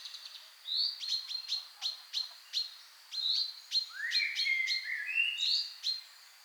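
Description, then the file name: Common chaffinch calls: repeated short, sharp notes alongside overlapping rising whistles and warbled phrases. "Fringilla coelebs"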